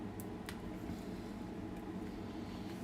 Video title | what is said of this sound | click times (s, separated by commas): Screen replacment on an iPhone 7 | we go that's it clicked in place | 0.2 s, 0.5 s